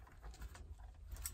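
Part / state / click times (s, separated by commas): satellite radio antenna plug into car stereo head unit / not seated / none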